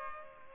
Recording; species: mosquito wingbeat signal from an infrared sensor; Culex pipiens